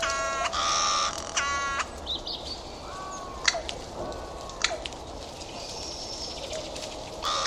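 Bird calls: harsh harmonic rattling notes at the start, then scattered softer notes and brief clicks against steady background hiss.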